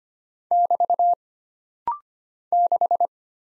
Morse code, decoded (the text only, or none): <BT> 6